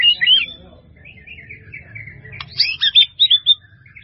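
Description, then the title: White-rumped Shama singing: sweet whistled notes, a softer warbling passage, then a burst of sharp, bright repeated phrases. "murai batu"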